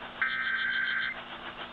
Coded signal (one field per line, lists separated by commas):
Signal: Emergency Alert System (SAME) tones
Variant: header bursts